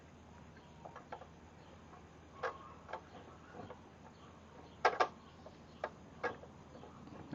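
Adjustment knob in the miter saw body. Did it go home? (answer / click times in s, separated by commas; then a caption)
no / none. An unidentified adjustment knob in the body of a 10" compound miter saw is turned all the way down to see whether it locks. Several short thunks and taps are heard, the loudest at about 4.9, 5.0 and 5.8 seconds, and the knob seems to rub, but it does not lock into place. Nothing has seated or clicked yet.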